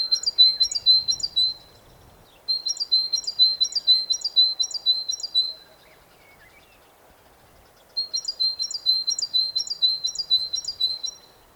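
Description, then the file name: Great tit singing in three bursts of quick, ringing two-note phrases, each burst several repeats long, separated by short silences, with faint low background noise. "Parus major"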